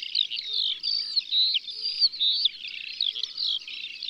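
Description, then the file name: Eurasian skylark song, high rapid twittering with short slurred whistles and buzzy notes in a continuous flow. Sung in the countryside. "Alouette des champs Chants doiseaux dans la campagne"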